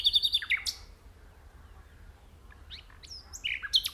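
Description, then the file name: Common nightingale song: a rapid run of high repeated notes, then a pause, then varied whistled phrases. "Luscinia megarhynchos"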